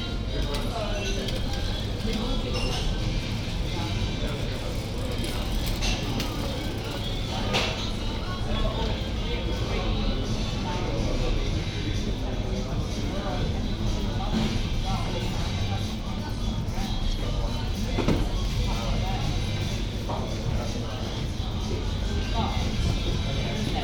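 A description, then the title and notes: Sitting outside near an entrance facing Lincoln College, a steady bed of street noise holds throughout, with heavy low rumble from passing traffic. Overlapping voices chatter continuously, and brief sharper clicks and knocks stand out around 7 and 18 seconds. Sitting outside, just to the right of the entrance, facing Lincoln College.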